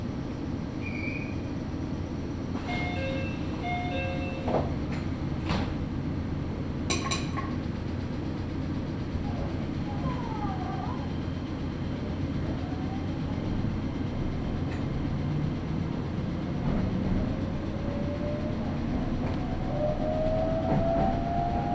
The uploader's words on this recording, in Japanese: ガタンゴトンの旅 名古屋鉄道 阿久比→内海 普通。